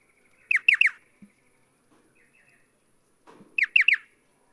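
Striated pardalote: two bursts of three quick falling notes separated by a pause with faint chips and a brief low rustle.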